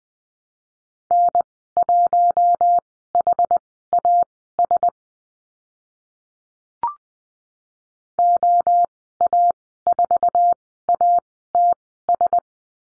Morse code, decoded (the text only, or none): N1HAS OA4ATS